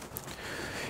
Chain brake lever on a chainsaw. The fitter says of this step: Если нет то всегда Проверяем так ще учок есть потянули на себя щелчок